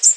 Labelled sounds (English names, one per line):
Black-and-white Warbler flight call